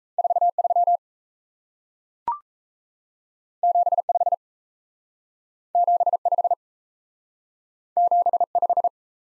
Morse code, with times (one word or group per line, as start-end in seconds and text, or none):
0.2-0.5 4
0.6-1.0 3
3.6-4.0 7
4.1-4.3 5
5.7-6.2 7
6.3-6.5 5
8.0-8.4 7
8.6-8.9 5